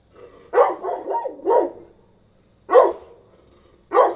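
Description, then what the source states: Dog giving a rough, run-together burst of barks, then two separate single barks after a pause. Medium-sized dog barking.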